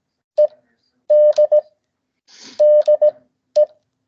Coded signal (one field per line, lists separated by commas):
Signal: Morse code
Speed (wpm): 17 wpm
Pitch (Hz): 600 Hz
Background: none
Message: ED DE